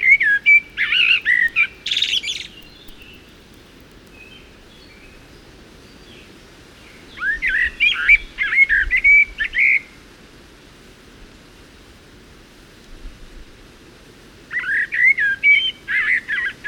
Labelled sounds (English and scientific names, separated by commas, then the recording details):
Common Blackbird (Turdus merula) song
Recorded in the wild
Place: Ciucurova, Dobrogea, RO
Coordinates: 44.933, 28.483
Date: 1976-05-29 08:50
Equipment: Nagra III BH, Sennheiser MD 21, parabola
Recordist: Schubert, Michael